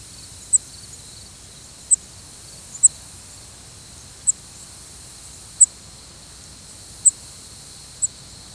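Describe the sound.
Cape May warbler: seven very high, thin, sharp notes spaced roughly one to one and a half seconds apart over a soft, steady background hiss.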